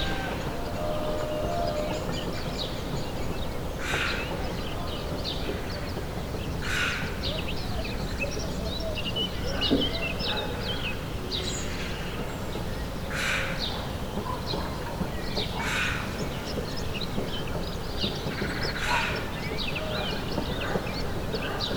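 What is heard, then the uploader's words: Village morning birds call in short, bright bursts every few seconds, standing out over a steady, dense low rumble like passing traffic or a train. The rumble stays even throughout, with a faint click near the ten-second mark. Morning Birds in the Village.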